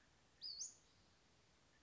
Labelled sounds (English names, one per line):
Western Flycatcher